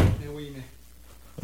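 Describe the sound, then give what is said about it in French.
A radio studio door slams shut with a loud, low bang at the very start as Patrick Laperrière arrives in the studio, followed by a short humming tone that fades into near silence, then a faint knock just before the end. “Patrick Laperrière, célèbre et tellement viril, qui arrive en studio comme ça et claque la porte.”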